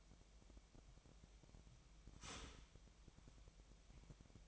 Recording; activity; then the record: daily activity, microphone in the room; start toaster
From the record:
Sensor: 1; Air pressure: 1001.9 hPa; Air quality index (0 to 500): 238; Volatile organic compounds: 43 ppm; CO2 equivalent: 3189 ppm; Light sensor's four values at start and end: 10/36/13/15 and 10/36/13/15